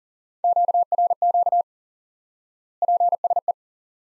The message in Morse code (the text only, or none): QRQ PSE